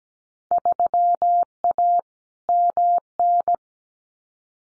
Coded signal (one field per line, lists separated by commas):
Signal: Morse code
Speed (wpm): 17 wpm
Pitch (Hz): 700 Hz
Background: none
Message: 3A MN